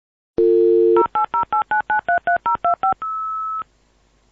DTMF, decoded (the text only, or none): 08089933025